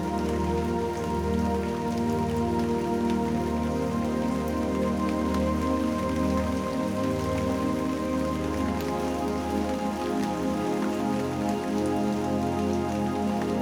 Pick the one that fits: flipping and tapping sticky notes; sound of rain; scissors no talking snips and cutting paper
sound of rain